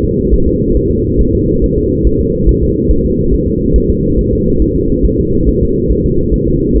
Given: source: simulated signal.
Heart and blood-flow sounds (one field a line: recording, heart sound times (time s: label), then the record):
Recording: fetal heart sounds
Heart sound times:
0.04 s: S2
0.34 s: S1
0.48 s: S2
0.77 s: S1
0.91 s: S2
1.21 s: S1
1.35 s: S2
1.64 s: S1
1.78 s: S2
2.07 s: S1
2.21 s: S2
2.49 s: S1
2.63 s: S2
2.91 s: S1
3.06 s: S2
3.34 s: S1
3.48 s: S2
3.76 s: S1
3.90 s: S2
4.19 s: S1
4.33 s: S2
4.62 s: S1
4.76 s: S2
5.06 s: S1
5.20 s: S2
5.49 s: S1
5.63 s: S2
5.91 s: S1
6.06 s: S2
6.34 s: S1
6.48 s: S2
6.76 s: S1
From the record:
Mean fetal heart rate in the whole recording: 140 bpm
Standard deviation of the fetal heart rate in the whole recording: 2 bpm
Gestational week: 34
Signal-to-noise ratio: -15.3 dB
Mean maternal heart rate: 72 bpm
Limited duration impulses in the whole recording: present